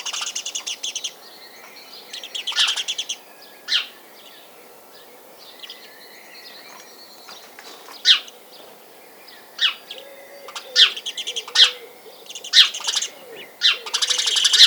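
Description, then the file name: House sparrow chirps, short sharp notes scattered throughout with bursts of rapid chattering near the start and end. "Passer domesticus"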